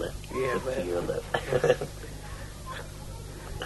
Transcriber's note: chuckling